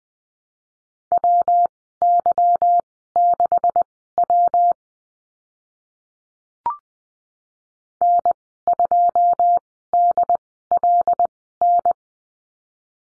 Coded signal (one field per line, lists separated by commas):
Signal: Morse code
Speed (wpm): 20 wpm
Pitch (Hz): 700 Hz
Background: none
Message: WY6W N2DLN